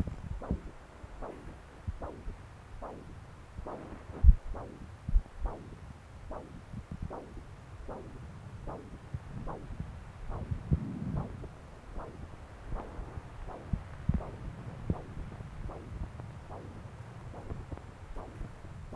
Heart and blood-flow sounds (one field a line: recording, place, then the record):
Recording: Doppler ultrasound of blood flow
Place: right subclavian vein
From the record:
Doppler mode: continuous wave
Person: adult scuba diver, at rest before a dive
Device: O'Dive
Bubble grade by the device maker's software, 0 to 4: 0